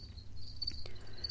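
House cricket giving a continuous shrill, high chirring trill with brief breaks, a soft click partway through and low rumble throughout.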